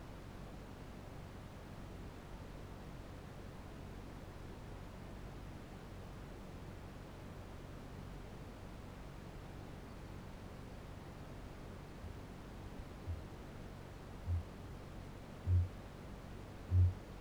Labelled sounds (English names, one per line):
Kākāpō boom